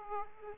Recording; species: mosquito wingbeat signal from an infrared sensor; Aedes aegypti